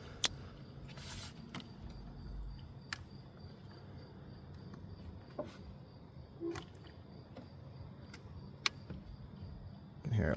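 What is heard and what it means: Plastic electrical connectors are pushed onto the fuel injectors of a 1999–2006 Chevy Silverado engine during reinstallation. Sharp clicks at 0.3 s, 2.9 s and 8.7 s mark the connectors locking on over a low background hum, and a louder rustle comes in at the very end. Each connector is seated.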